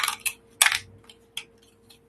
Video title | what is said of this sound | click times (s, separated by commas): ISOPODS/GECKOS AND PRINTS NIGHT | Let me snap a food cup in them. These ones lock into place with the half-ounce food cups. | 0.6 s